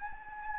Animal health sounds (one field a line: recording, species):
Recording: mosquito wingbeat signal from an infrared sensor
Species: Anopheles gambiae